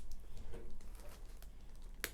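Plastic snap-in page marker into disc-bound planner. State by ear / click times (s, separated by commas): seated / 2.0 s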